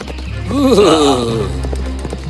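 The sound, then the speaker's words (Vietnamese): A horse being ridden through a forest neighs once, a shaky, wavering whinny that rises and then trails downward over about a second, set against a steady low rumble. “Tiếng hí của chú ngựa đã quấy rầy người khổng lồ đang ngủ”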